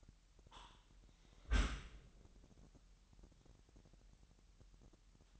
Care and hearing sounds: daily activity, microphone in the room; close dishwasher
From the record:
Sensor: 3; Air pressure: 998.3 hPa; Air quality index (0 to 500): 148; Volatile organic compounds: 5 ppm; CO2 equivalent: 1774 ppm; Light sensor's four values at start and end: 13/39/16/14 and 13/39/16/14

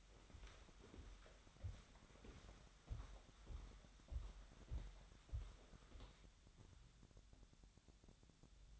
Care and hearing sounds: daily activity, microphone in the room; walk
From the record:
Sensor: 3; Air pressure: 1015.3 hPa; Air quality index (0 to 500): 121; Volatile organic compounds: 5 ppm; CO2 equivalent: 1705 ppm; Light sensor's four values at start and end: 10/28/10/11 and 10/27/10/10

